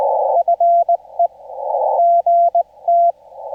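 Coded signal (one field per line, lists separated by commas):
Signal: Morse code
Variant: Korean alphabet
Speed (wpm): 19 wpm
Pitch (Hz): 690 Hz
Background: none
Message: 나 서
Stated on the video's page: Amateur radio contact in Korean Morse code.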